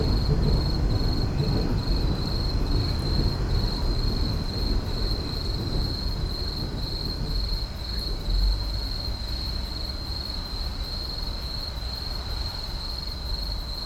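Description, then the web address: Insects trilling high and nearly continuously, with faint pulsing in the first seconds, while a loud low rumble gradually fades. Night insect chorus in an urban park. "boom library Urban and Suburban Urban park night insects"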